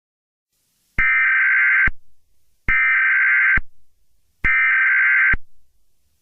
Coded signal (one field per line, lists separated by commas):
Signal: Emergency Alert System (SAME) tones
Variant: header bursts